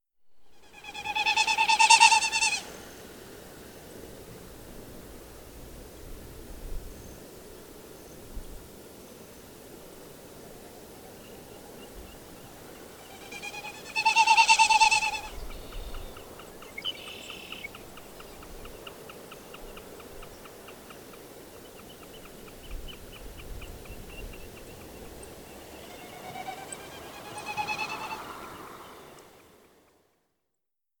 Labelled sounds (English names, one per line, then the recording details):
Wilson's Snipe
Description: Wilson's Snipe wing sounds and call recorded at Moraine Park in Rocky Mountain National Park. Note that a Red-winged Blackbird can also be heard in the background
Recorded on 22 June 2015